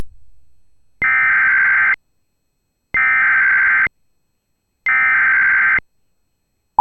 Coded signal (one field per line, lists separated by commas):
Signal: Emergency Alert System (SAME) tones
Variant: header bursts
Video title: [FOUND!!] [URGENT] [EAS] Minnesota AMBER Alert